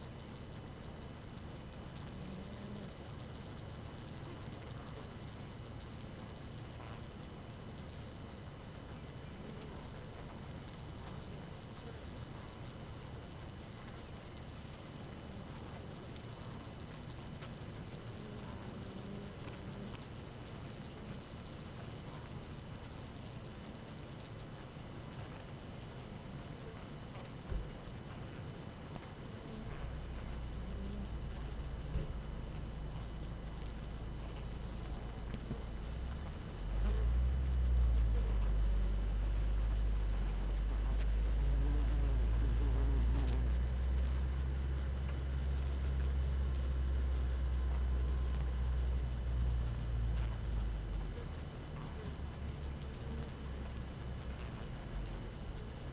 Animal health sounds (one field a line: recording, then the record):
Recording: honeybee colony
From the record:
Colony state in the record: active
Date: 12 June 2018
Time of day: 4:23